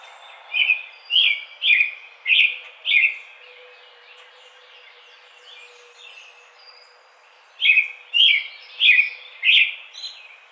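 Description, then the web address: American robin singing five even caroling phrases about half a second apart, a quiet gap of several seconds, then four more phrases. Recorded 4 May 2009. "American Robin 2009 05 04"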